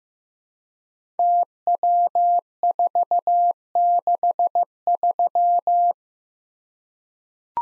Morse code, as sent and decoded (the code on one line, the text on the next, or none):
- .-- ....- -.... ...--
TW463